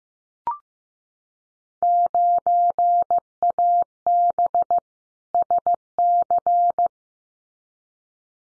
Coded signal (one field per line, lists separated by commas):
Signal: Morse code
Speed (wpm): 15 wpm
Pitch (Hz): 700 Hz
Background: none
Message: 9AB SC